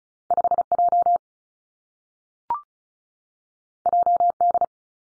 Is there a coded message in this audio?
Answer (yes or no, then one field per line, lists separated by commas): yes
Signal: Morse code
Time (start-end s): 0.3-4.7 s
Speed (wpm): 36 wpm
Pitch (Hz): 700 Hz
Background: none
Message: 5 J J D